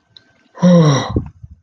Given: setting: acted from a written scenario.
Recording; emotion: vocal sound without words; negative surprise